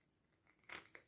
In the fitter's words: Or maybe not a strong click, but you can hear the click.